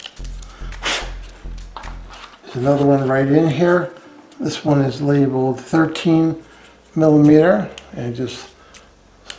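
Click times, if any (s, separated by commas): 9.3 s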